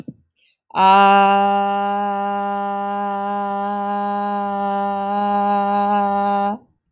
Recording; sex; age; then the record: vowel held as long as possible; female; 30 to 39 years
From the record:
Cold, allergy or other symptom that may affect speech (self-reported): no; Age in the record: 39 years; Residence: Michigan, United States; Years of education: 14